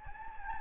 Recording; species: mosquito wingbeat signal from an infrared sensor; Anopheles gambiae